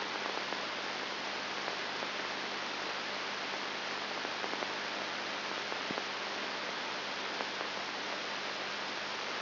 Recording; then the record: brain microelectrode recording played as sound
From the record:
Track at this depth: inside the subthalamic nucleus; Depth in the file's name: 4.301 mm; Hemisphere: left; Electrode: 3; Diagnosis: Parkinson's disease